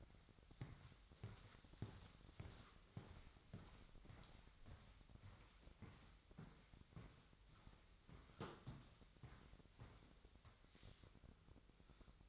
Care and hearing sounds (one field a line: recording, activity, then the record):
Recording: daily activity, microphone in the room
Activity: walk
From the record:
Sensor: 3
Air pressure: 1001.6 hPa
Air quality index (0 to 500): 226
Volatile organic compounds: 32 ppm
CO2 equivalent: 3001 ppm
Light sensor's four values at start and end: 12/37/16/13 and 12/37/16/13